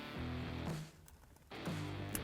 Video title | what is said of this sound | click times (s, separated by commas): 2015-2019 F150 GU Auto Tech 12.1" Touch Screen Multimedia Station Install | it into place until it clicks and there | 2.2 s